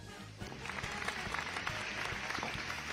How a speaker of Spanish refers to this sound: Ahora sí me quedaron bien los aplausos.